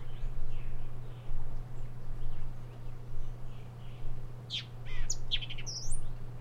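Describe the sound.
Thick-billed vireo song: faint warbled notes early, then a burst of quick, sharp, high chirping phrases near the end over a steady low electrical hum.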